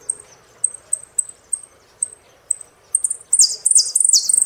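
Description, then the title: Saffron finch song begins with evenly spaced high chips and accelerates into loud falling sweeps and a fast trill. "Jilguero Argentino"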